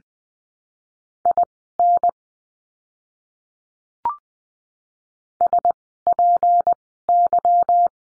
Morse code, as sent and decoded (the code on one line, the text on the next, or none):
.. -. / ... .--. -.--
IN SPY